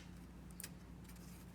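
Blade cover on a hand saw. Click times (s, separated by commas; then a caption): 0.5 s, 0.6 s. A plastic blade cover with a built-in ruler, locked onto a Fiskars DIY hand saw, is pushed at its release point and popped back off. Two sharp clicks sound at 0.5 s and 0.6 s over a steady low hum, and the cover comes free of the saw.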